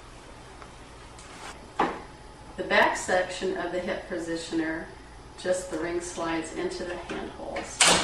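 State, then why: Seated. The ring on the back section of a hip positioner slides into the holes of a Rifton Pacer gait trainer frame, with a sharp click at 1.8 s as it locks in place. Someone talks throughout, and the hip positioner ends up seated on the frame.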